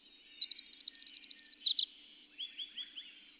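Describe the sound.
Bird song, a fast trill of bright high notes lasting about a second and a half, then four softer, lower slurred notes.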